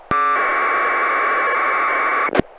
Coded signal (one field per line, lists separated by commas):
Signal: packet radio (AX.25, as in APRS)